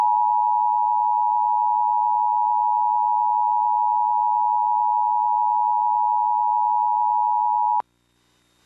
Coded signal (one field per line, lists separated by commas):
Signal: Emergency Alert System (SAME) tones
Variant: 853 and 960 Hz attention tone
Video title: (EAS #67) WOVA-LD2 - Flood Warning For Washington, OH (2/16/2025)